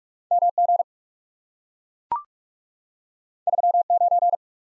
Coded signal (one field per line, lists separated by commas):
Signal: Morse code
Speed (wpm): 44 wpm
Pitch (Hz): 700 Hz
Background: none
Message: M G 3 9